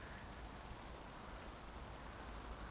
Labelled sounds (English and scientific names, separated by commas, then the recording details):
Eurasian Woodcock (Scolopax rusticola) whistle
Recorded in Baden-Württemberg, Germany, on 15 June 2020 at 20:38 UTC
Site 14569, 102 m above sea level